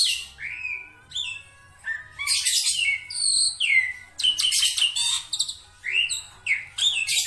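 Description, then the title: Black-winged myna song: a rapid run of harsh, buzzy bursts broken by short whistled slurs, loud and continuous with brief gaps. Dense, highly varied song of an actively singing bird, used as a master recording for training songbirds. "Kicauan Rapat Jalak Putih Gacor Banyak Variasi Untuk Masteran"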